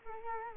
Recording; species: mosquito wingbeat signal from an infrared sensor; Culex quinquefasciatus